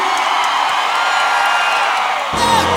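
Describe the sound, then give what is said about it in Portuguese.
An audience raising their hands roars with sustained shouts, whoops and cheers, a dense, loud wall of voices that holds steady for nearly three seconds before a brief shift in tone at the end. “gostou, levanta a mão em cima e dá um grito aí.”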